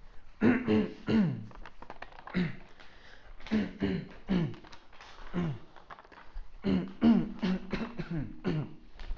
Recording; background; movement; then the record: throat clearing; quiet; walking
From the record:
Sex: male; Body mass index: 21.0 kg/m2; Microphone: on the chest, facing outward